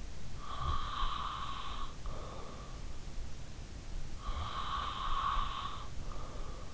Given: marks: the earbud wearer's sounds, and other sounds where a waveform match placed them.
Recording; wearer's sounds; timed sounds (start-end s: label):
sounds in sleep by an in-ear microphone; breath
0.00-2.40 s: breath
3.83-6.35 s: breath